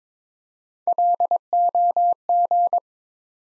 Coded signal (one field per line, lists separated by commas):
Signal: Morse code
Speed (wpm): 22 wpm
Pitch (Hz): 700 Hz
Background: none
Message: LOG